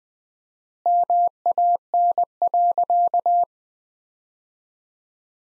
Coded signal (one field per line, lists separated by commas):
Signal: Morse code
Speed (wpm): 20 wpm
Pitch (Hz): 700 Hz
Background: none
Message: MAN.